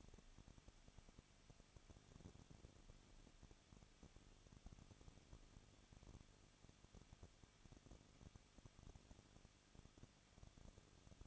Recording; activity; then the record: daily activity, microphone in the room; no activity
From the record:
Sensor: 4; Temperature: 23.0 degrees Celsius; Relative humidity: 34.1%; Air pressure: 1007.3 hPa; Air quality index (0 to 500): 214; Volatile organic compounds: 14 ppm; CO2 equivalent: 2468 ppm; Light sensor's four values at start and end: 2/3/1/1 and 2/3/1/1